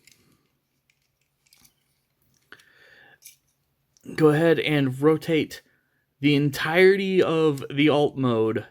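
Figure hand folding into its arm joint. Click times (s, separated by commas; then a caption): 2.5 s. Small, faint plastic clicks come from a plastic toy robot action figure being transformed. The hand folds out on its arm and snaps into its arm joint with a sharp click at 2.5 s, seating in place to stay put. Afterward, someone talks.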